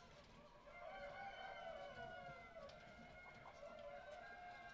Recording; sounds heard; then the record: poultry house recording; healthy chickens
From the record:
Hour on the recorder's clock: 18